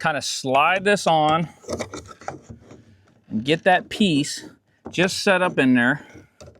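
A plastic trim piece with a clip is slid onto the door panel of a 1999–2004 S10 to set it into the slot behind the door lock, while someone talks throughout. Two brief, faint taps are heard near the end, at about 6.4 and 6.6 seconds. Nothing has seated or clicked into place yet.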